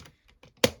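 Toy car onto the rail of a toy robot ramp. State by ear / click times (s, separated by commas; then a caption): seated / 0.6 s. The blue plastic toy car is slid onto the rail on the back of the ramp piece of a DX BoonBoomger Robo toy robot, with faint scraping taps as it moves along. A sharp, bright click at 0.6 s marks the car locking in place, and the rail now holds it seated.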